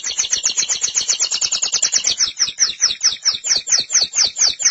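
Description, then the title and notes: Canary song: a steady rapid trill of high chirping notes, repeated several times a second throughout, rich and rolling. "BM Suara Kenari. BM Suara Burung Kenari"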